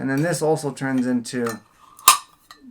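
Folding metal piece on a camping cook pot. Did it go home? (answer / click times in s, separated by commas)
yes / 2.1 s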